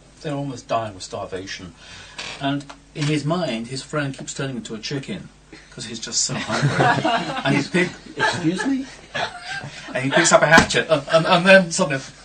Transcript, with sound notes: almost dying of starvation, and in his mind, his friend keeps turning into a chicken, because he's just so hungry. [laughter] And he's big. He's... [more laughter] And he picks up a hatchet, and then suddenly...